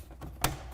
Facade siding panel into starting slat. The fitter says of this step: when the parts are assembled you will hear a click like this